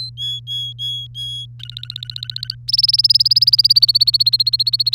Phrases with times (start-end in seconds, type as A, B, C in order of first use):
0.00-0.10 A, 0.17-1.46 B, 1.59-2.55 C, 2.68-4.94 D